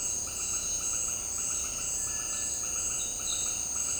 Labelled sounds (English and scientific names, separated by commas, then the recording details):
Cinereous Tinamou (Crypturellus cinereus)
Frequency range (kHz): Cinereous Tinamou (Crypturellus cinereus) 1.5-2.0 kHz
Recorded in dense forest near Puerto Asís, Putumayo, Colombia, on 21 February 2024 at 18:00
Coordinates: 0.485, -76.318
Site G6408